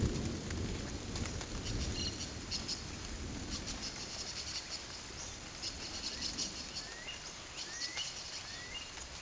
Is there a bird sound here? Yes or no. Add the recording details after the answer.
yes. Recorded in secondary vegetation near Puerto Asís, Putumayo, Colombia, on 9 March 2025 at 12:00. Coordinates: 0.489, -76.322. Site G042